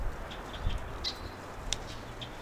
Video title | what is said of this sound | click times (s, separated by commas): WALK ON Solar Panels! - ULTIMATE DIY Van Roof Deck | Wow, that was a pretty anticlimactic click there, but that was a click. | 1.7 s